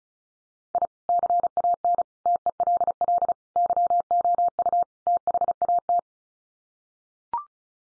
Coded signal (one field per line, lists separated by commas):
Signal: Morse code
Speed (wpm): 34 wpm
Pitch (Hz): 700 Hz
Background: none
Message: I CAN TELL YOU THAT